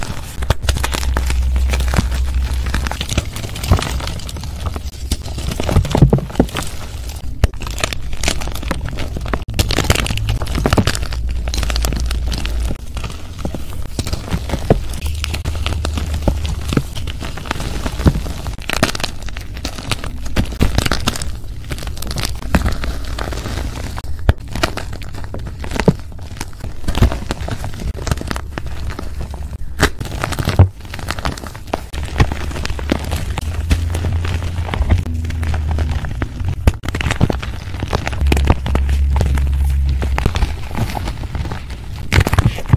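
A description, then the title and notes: Powder being crunched and pressed, a dense, continuous stream of crisp crackling and crinkling taps that runs without pause. Low soft thuds pulse underneath in short bursts every few seconds. Audio only compilation of powder crunch asmr.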